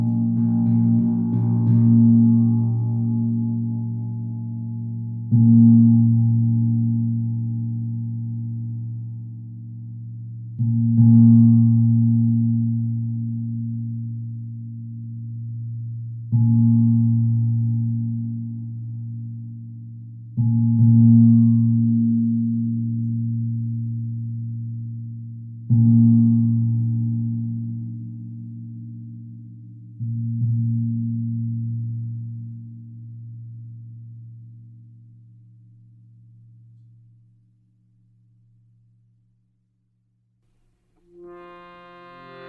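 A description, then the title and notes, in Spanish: A low, humming drone, like a singing bowl or gong, is struck about every five seconds, each strike swelling and slowly fading. The tone stays steady and deep throughout, dies away almost to silence near the end, and a brighter ringing sound enters in the final seconds. Meditación con cuencos.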